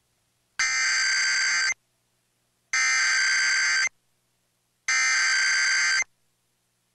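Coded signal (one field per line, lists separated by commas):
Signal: Emergency Alert System (SAME) tones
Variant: header bursts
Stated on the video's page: Real AMBER Alert child abduction emergency for the Anchorage, Alaska region.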